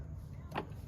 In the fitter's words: yeah I think I heard it click I can't go in any further with it